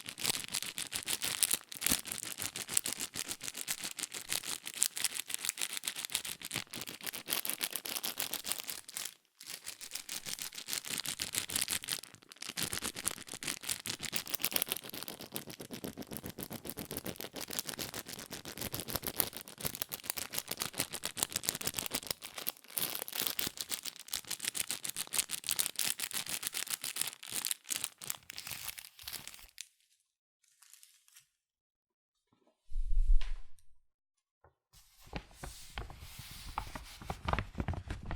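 Fast tapping, scratching and tracing on cardboard and paper, a dense crackly rustle that runs almost without pause for about thirty seconds, with a few brief gaps. Near the end it breaks into silence, a lone dull thump at 33 seconds, then scratching resumes.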